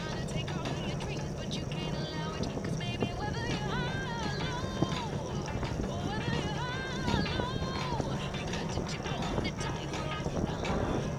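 A steady, dense rustle and rumble runs through the whole ride, with a low churning layer underneath. Quiet music plays on top, its gliding melodic lines most noticeable around four seconds and again from about six to eight seconds.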